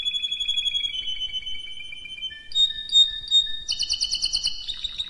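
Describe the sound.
Canary song with quick pulsed trills, a few sharp piping notes and a final burst of rapid, rolling high warbles.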